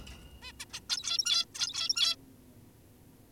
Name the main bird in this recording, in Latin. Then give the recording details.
Taeniopygia guttata. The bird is an adult. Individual g17y2U